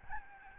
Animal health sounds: mosquito wingbeat signal from an infrared sensor; Aedes albopictus

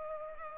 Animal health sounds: mosquito wingbeat signal from an infrared sensor; Culex pipiens

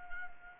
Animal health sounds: mosquito wingbeat signal from an infrared sensor; Anopheles arabiensis

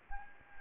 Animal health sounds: mosquito wingbeat signal from an infrared sensor; Anopheles gambiae

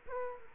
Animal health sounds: mosquito wingbeat signal from an infrared sensor; Culex quinquefasciatus

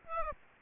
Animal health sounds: mosquito wingbeat signal from an infrared sensor; Aedes aegypti

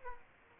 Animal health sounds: mosquito wingbeat signal from an infrared sensor; Aedes aegypti

